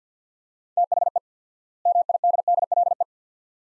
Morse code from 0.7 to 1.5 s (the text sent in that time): THE